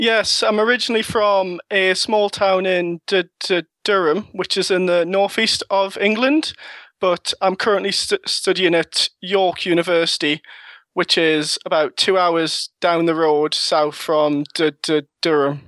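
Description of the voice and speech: A 22-year-old man who stutters speaks with a northern English accent in a steady voice, broken by repeated initial syllables on the same place name ("Du-du-Durham") twice, plus a stretched "s" and brief silent pauses. These part-word repetitions and prolongations are typical of stuttering, mild and otherwise fluent.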